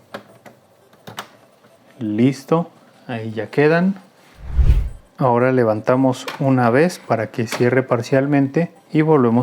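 The last, black ink cartridge is pressed into the carriage of an Epson WF-2830 inkjet printer, giving several sharp clicks, with the cartridge clicking into place at 0.1 s and 1.2 s. The cartridge is seated, and then someone talks.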